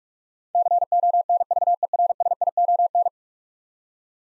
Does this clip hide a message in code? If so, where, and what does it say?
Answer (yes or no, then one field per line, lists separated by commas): yes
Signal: Morse code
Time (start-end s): 0.5-3.1 s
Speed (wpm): 46 wpm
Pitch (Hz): 700 Hz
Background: none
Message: CONVERSION